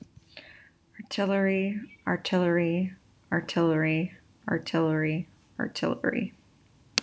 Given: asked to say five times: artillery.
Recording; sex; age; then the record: repeated word; female; 30 to 39 years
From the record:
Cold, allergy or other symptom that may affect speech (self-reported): no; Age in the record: 31 years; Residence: Kentucky, United States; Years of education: 16